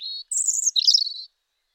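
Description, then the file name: European robin giving one brief, high, thin song phrase: a level whistle, then a rapid tumbling twitter, lasting just over a second on a quiet background. "Erithacus rubecula"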